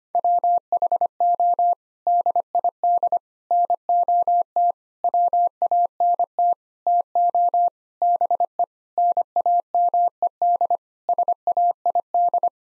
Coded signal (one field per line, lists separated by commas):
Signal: Morse code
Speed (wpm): 25 wpm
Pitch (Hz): 700 Hz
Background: none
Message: WHO DID NOT WANT TO BE NAMED SAID